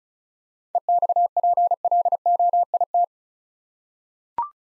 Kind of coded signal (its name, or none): Morse code